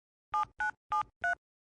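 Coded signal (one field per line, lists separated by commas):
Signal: DTMF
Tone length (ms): 120 ms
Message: 7973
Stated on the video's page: Tones heard in a Thai audio drama.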